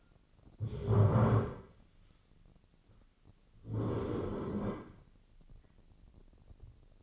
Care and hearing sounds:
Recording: daily activity, microphone in the room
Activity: stand up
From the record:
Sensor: 4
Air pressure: 1010.0 hPa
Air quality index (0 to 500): 195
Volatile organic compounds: 3 ppm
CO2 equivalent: 1400 ppm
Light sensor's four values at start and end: 41/101/42/46 and 41/100/42/45

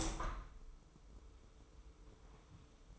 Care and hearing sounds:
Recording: daily activity, microphone in the room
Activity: open window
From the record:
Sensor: 1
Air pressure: 995.7 hPa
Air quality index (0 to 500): 49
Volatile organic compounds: 1 ppm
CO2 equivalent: 889 ppm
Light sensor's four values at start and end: 30/103/39/41 and 30/104/40/42

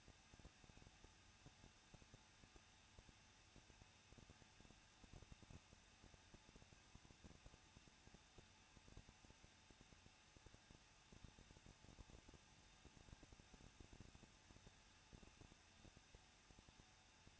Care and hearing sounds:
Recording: daily activity, microphone in the room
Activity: no activity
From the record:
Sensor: 2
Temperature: 21.0 degrees Celsius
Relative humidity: 37.5%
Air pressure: 1006.2 hPa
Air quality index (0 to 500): 223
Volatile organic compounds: 25 ppm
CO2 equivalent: 2827 ppm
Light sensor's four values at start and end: 2/3/2/2 and 2/3/2/2

